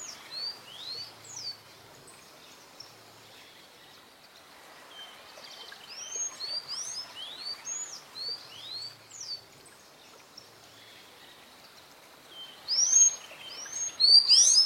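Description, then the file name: Sayaca tanager song: scattered high, sharp slurred notes in loose groups, building to a louder, denser squeaky twitter at the end. "Canto do sanhacu cinzento"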